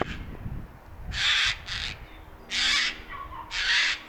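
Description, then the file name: Eurasian jay giving harsh, noisy screeches, a long rasp followed by a shorter one, then two single rasps with pauses; faint low rumble early on. "Garrulus glandarius"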